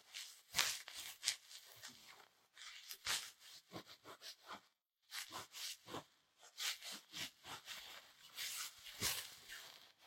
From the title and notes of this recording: 台灣ASMR | 掏穿你的耳朵 | 耳掃除 | Ear Cleaning | NO Talking.